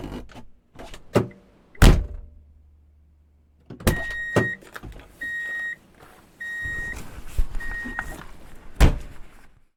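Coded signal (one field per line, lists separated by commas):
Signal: alarm pattern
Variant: vehicle reverse warning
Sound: car door thunks, then four evenly spaced high steady beeps over engine rumble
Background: car door, engine noise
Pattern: 4 short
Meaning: The vehicle is driving in reverse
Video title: Free Drive in Reverse Beep Alert Sound Effect [Transportation]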